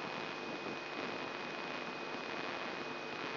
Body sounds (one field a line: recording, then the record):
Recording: brain microelectrode recording played as sound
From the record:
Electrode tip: inside the subthalamic nucleus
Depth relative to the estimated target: 1 mm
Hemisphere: right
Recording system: AlphaMap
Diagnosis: Parkinson's disease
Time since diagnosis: 24 years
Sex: female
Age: 57 years